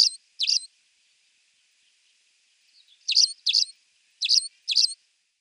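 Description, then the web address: Spanish sparrow singing sharp, metallic chirps, a pair at the start, then after a pause two more pairs spaced about half a second apart. "Schulze Peter Spanish Sparrow song"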